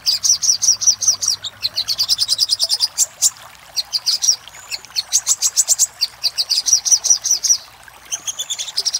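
Little spiderhunter song: rapid, sharp high chirps in fast repeated runs with brief pauses, at a fairly constant pitch throughout.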